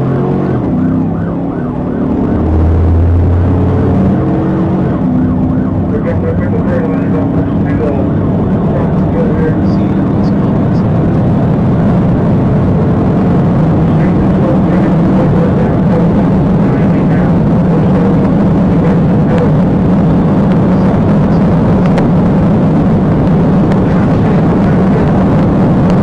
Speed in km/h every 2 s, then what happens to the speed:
90, 111, 124, 129, 148, 159, 169, 172, 182, 187, 188, 190, 187.
0-19 speeds up to 188. 19-26 steady at about 188.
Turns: none.